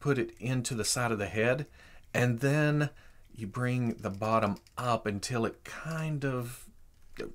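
Someone talks while a hinged plastic mask piece is pinched into the sides of an action figure's head and its bottom is brought up to close it. The piece does not snap shut, it only forms together, so nothing has clicked yet in this clip.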